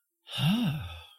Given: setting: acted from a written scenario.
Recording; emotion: vocal sound without words; romantic love